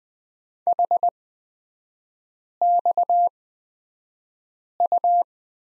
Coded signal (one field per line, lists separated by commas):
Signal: Morse code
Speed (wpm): 20 wpm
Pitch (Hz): 700 Hz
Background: none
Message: HXU